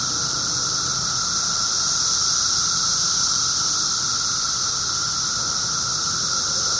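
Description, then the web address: Periodical cicadas drone in a dense, continuous chorus: an even whining tone under a strong hissing shimmer, steady in loudness from start to finish. 17-year cicadas; recorded 24 June 2007 at 1:30 pm. "cicadas 6 24 07 1 ' 30 pm. 17 yrcicada"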